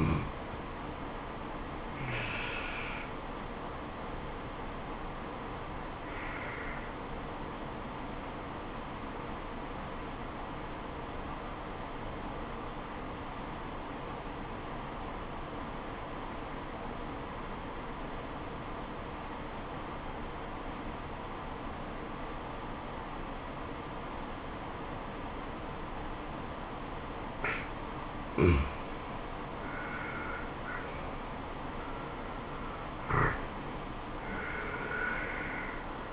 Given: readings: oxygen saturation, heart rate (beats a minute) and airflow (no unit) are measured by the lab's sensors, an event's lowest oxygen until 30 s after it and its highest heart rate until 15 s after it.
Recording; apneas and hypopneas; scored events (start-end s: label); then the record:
breathing in sleep by a voice recorder at the bedside; 1
6.00-30.60 s: obstructive apnea (N2, oxygen 96% highest, then 85% lowest, heart rate 74 at the start, 78 highest)
From the record:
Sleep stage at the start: N2 (light sleep); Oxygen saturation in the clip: 87 to 96%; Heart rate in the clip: 67 to 78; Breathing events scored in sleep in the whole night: 426 in 7.4 hours asleep